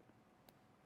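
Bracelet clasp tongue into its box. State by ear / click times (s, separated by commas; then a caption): seated / 0.5 s. A gold bangle's clasp tongue is pushed into its box to its second click against a steady low background. A single short, sharp click sounds at 0.5 s, and the clasp is now fully locked.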